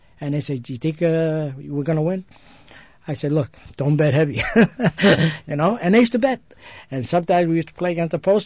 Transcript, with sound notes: And they'd say, "Do you think we're going to win?" I said, "Look, don't bet heavy." ( he laughs ) You know? And they used to bet. And sometimes we used to play against the Post Office.